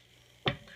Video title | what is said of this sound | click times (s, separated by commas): Smith & Wesson Bodyguard 380 Field Strip and Assembly | should snap all the way down just like so | 0.5 s